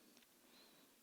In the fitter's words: oh apparatus goes in and it locks in place very nice hardware quite impressed with it